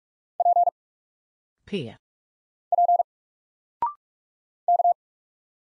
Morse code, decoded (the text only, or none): P P K